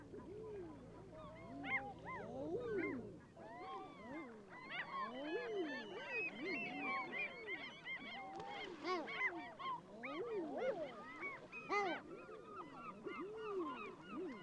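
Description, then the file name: Common eider flock cooing, a dense chorus of soft arched moaning notes repeating without pause, with a low hum at first. "Edredone"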